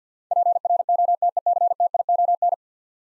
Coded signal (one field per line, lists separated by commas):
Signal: Morse code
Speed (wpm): 50 wpm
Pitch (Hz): 700 Hz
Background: none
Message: PROTECTION